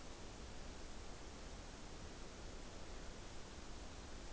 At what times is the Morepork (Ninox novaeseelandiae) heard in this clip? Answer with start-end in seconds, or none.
none